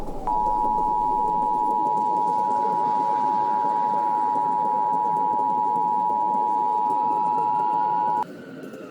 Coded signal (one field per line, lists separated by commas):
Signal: Emergency Alert System (SAME) tones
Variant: 853 and 960 Hz attention tone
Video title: (REDUX) EF6 - a EAS Scenario